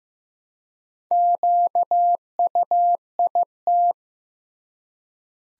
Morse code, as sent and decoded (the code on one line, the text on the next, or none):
--.- ..- .. -
QUIT